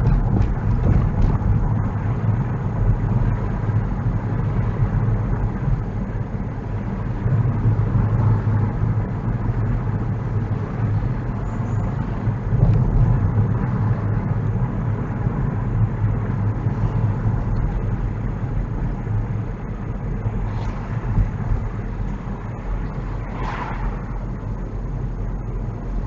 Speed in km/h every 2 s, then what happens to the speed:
26, 27, 27, 27, 27, 27, 29, 26, 26, 26, 24, 24, 26.
0-26 steady at about 26.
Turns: none.